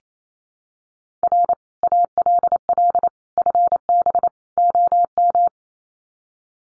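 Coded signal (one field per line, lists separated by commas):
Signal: Morse code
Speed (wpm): 28 wpm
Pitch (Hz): 700 Hz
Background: none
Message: R ALL FB OM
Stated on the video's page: Morse code drill of common QSO phrases at 28 wpm for head-copy.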